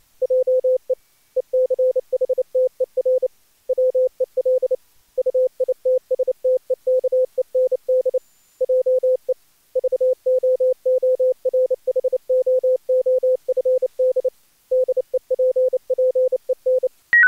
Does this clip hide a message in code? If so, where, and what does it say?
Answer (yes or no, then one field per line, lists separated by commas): yes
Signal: Morse code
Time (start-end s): 0.2-16.9 s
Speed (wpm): 30 wpm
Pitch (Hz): 510 Hz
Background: none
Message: JE ECHTER WEL UITSTEKEND JE VOORHOOFD DEPPEN